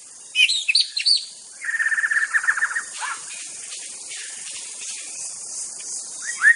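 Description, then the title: White-rumped shama song opening with sharp chirps, then a rapid rattling trill and a falling whistle, with steady insect buzz throughout. Wild bird from forest. "Suara burung murai batu asli hutan"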